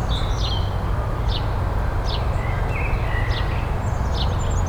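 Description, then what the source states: Birds: bird chirps, a few quick downward notes and a short warbled phrase, fairly faint above a steady low rumble of traffic. Birdsong in a city garden.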